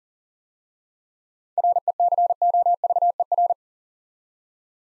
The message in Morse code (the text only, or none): RECOVER